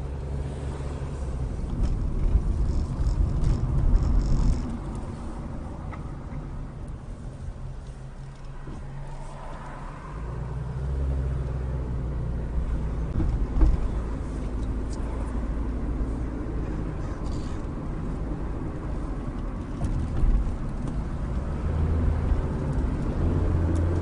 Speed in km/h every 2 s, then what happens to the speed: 16, 24, 19, 6, 2, 13, 23, 29, 31, 29, 23, 31.
0-3 speeds up to 24. 3-8 brakes to 2. 8-14 pulls away to 29. 17-19 brakes to 23. 21-24 speeds up to 31.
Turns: 17-21.